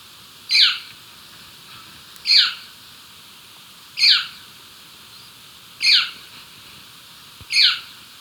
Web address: Natures Songs S America Birds of Ecuador Tawny Antpitta